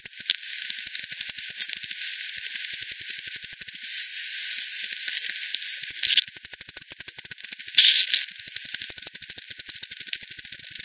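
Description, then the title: Bat calls heard as fast ticking trains, with short noisy swooshes around six and eight seconds, then more even clicking. Multiple bats at Hogsmill River, Hogsmill Lane, 7 October 2020 at 18:10; frequency-divided by ten, bandpass filtered and resampled. "bat 20201007 T 18 : 10 Z-Hogsmill-Lane-Hogsmill-River-multiple-bats"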